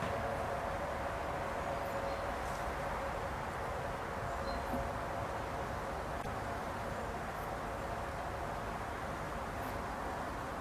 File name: Greven - Pentruper Mersch - Sachsenhof - Bee gum